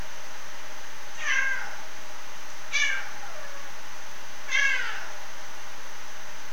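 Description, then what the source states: Rusty-spotted cat uttering three brief meowing calls, each falling slightly in pitch, spaced about one and a half seconds apart, with faint hiss throughout. Captive rusty-spotted cats vocalising in a zoo.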